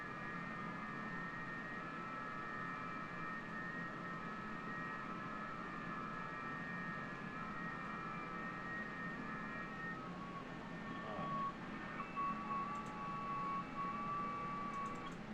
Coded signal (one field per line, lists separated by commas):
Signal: FT8